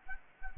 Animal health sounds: mosquito wingbeat signal from an infrared sensor; Aedes albopictus

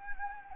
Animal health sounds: mosquito wingbeat signal from an infrared sensor; Anopheles gambiae

